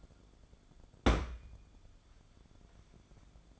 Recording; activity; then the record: daily activity, microphone in the room; place on stove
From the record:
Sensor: 5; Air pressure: 1010.4 hPa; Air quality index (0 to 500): 114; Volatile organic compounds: 2 ppm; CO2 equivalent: 1118 ppm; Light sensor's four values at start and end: 564/1446/597/696 and 538/1373/569/653